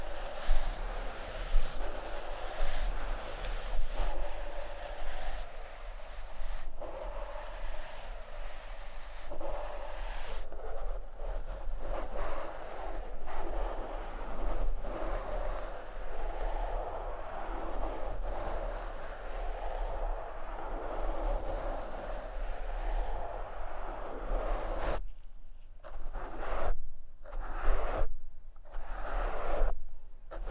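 Microphone scratching and brushing makes a continuous rough rustle with a low rumble, then breaks into choppy bursts and dropouts near the end.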